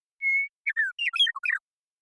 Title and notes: Western Meadowlark, Sturnella neglecta, song, contact calls, and flush, family: Troupials and Allies Recorded in the beautiful Pacific Northwest in Washington, United States